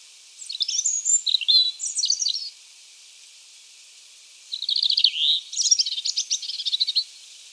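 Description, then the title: European robin singing two separate high, tinkling phrases of varied whistles and rapid trills, each lasting two to two and a half seconds, with a quiet pause between them. "Sylvain Jaskowiak - Mes piafs. Rougegorge familier"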